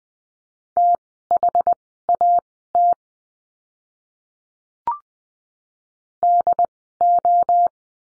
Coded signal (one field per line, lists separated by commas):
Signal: Morse code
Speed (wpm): 20 wpm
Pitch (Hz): 700 Hz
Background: none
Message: THAT DO